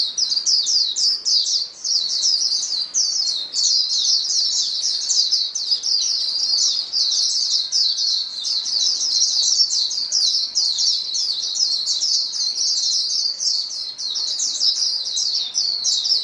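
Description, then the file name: White-eye: a steady, high-pitched chorus of white-eyes, a continuous tangle of quick chirps and trills that keeps going without a pause. A chorus of many white-eyes singing together. "paduan suara pleci"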